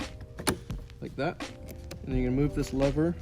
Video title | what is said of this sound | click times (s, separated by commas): BMW G80 M3 door disassembly | we're going to reconnect this right here and it clicks like | 0.5 s